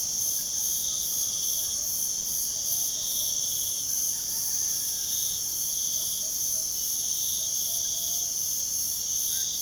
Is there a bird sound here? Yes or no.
no